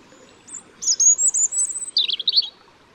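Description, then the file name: European robin song phrase: a few high thin whistles leading into a fast, jingling trill at lower pitch. "Erithacus rubecula"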